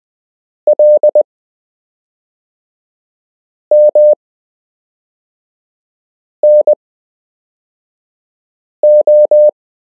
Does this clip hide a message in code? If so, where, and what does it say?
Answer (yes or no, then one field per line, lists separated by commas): yes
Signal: Morse code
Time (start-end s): 0.7-9.5 s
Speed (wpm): 20 wpm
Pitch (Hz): 600 Hz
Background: none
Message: L M N O